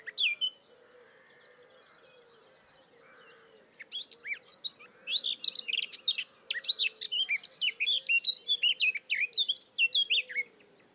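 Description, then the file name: Eurasian blackcap singing a hurried, jumbled warble of quick rising and falling notes that starts after a brief opening note and a few quiet seconds, with a soft low hum behind. "Sylvia atricapilla"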